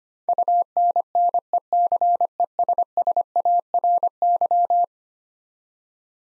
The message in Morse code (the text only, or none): UNNECESSARY